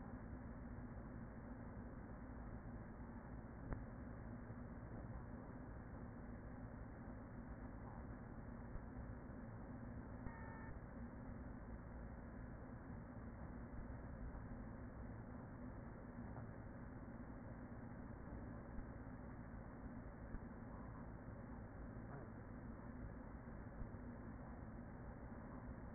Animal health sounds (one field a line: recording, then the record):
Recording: honeybee colony, microphone inside the hive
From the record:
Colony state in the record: queen present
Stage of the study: after two queens were removed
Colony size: about 40,000 bees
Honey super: no